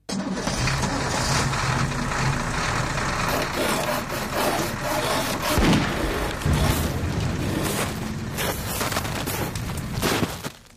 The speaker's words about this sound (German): Der Lastwagen kletterte schwer keuchend auf den Pass des Jablonowi-Gebirges.